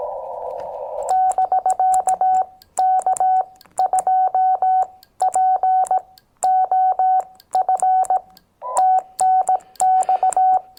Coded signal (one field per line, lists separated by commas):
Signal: Morse code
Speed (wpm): 18 wpm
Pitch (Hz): 750 Hz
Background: none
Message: <BK> K2POF TNX